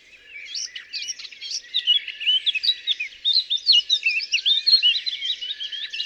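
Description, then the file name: Eurasian blackcap song: a rapid, chattering warble of varied high notes and squeaky chirps, growing louder and running without a break. "Sylvia atricapilla"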